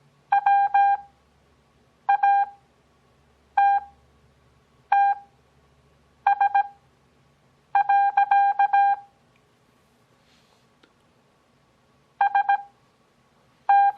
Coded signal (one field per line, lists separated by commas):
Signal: Morse code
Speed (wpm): 17 wpm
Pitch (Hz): 800 Hz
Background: none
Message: WATTS. ST